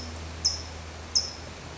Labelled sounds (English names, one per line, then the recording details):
California Towhee
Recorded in Sonoma County, California